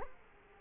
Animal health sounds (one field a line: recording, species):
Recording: mosquito wingbeat signal from an infrared sensor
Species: Culex quinquefasciatus